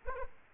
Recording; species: mosquito wingbeat signal from an infrared sensor; Aedes aegypti